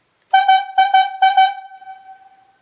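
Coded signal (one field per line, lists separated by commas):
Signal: whistle signal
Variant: yarder logging whistle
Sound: six short horn toots in three quick pairs, then a fading echo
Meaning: Drop the skyline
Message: 2-2-2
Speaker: drop the skyline, it's going to sound like this. 2, 2, and 2.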